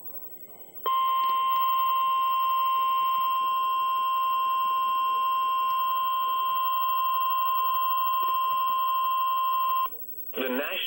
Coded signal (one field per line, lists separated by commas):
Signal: Emergency Alert System (SAME) tones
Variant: 1050 Hz attention tone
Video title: EAS Severe Thunderstorm Warning Midland WR400 Polk county Wisconsin